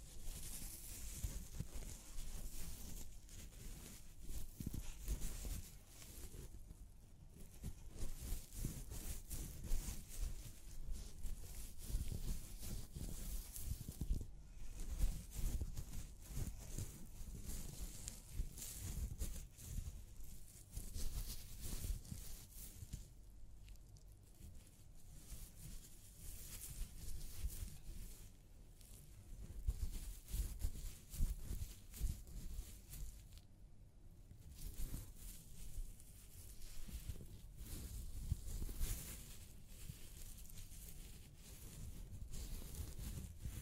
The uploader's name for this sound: Personal Attention Scalp Massage, Hair Wash